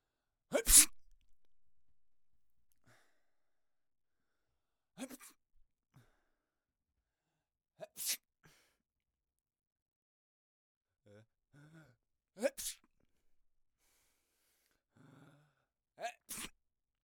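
Five separate sneezes from an adult, about three to four seconds apart, each a sharp explosive burst with a brief breath in just before it. These are ordinary sneezes, a reflex that clears the nose, in a quiet room.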